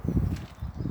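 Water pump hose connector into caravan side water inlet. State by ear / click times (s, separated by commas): not seated / none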